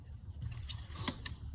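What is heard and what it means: A plastic plug connector is handled at the in-tank fuel pump and filter assembly of a Mercedes S63 (W221 chassis, M156 engine), giving soft creaks and brief sharp ticks, the strongest near 1.1 and 1.3 seconds. The clip ends just before the connector goes home, so nothing has seated or clicked yet.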